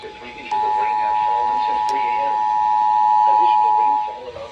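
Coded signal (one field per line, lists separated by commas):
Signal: Emergency Alert System (SAME) tones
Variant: 853 and 960 Hz attention tone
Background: speech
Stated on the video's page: Compilation of real EAS alerts received, including severe thunderstorm and flash flood warnings.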